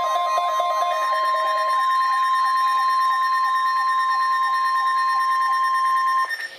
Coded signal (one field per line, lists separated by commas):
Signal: Emergency Alert System (SAME) tones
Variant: 1050 Hz attention tone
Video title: Required Weekly Test - 07/29/15 (EAS #952)